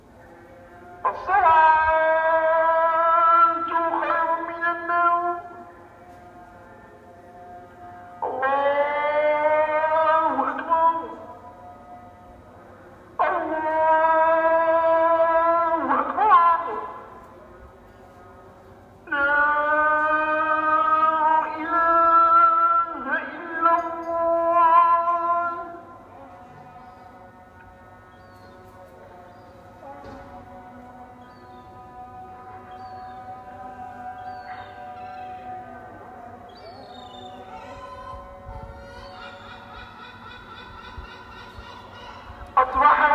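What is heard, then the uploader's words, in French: A muezzin's call to prayer in Tangier at night, sung in long, wavering phrases with pauses between, loudest in the first half. After about 26 seconds the voice drops to a quieter, steadier line, with a low hum underneath and a sharp cry near the end. Le muezzin à Tanger se lance dans une prière à 4h19. À la fin de la prière, les goélands du détroit de Gibraltar participent à ce moment de la nuit. Le haut-parleur de la mosquée est proche de l’hôtel, il fait nuit. Je regarde par le balcon, des gens marchent dans la rue.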